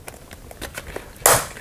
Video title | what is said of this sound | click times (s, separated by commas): Comm Gear Supply MLOK OTTO Helmet Mount Kit | snap in place. | 1.3 s